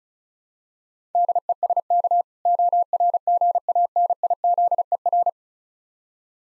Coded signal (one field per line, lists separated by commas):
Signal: Morse code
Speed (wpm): 36 wpm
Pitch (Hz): 700 Hz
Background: none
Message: DESK ORGANIZER